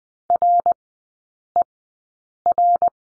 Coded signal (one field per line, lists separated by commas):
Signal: Morse code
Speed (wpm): 20 wpm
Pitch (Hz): 700 Hz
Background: none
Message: RER